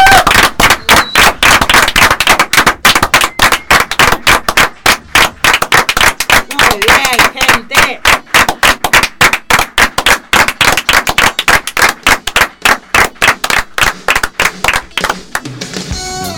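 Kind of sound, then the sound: crowd, audience applause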